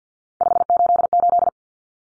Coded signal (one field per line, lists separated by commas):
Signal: Morse code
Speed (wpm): 50 wpm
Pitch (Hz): 700 Hz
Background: none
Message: 588